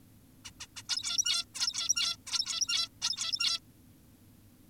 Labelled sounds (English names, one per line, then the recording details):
Zebra Finch
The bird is an adult
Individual g17y2U